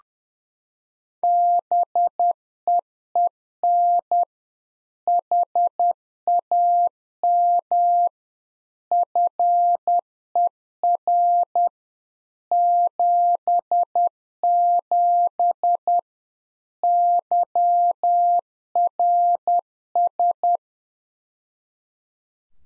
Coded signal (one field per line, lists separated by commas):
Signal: Morse code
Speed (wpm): 10 wpm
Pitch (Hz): 700 Hz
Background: none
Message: BEEN HAM FER 77 YRS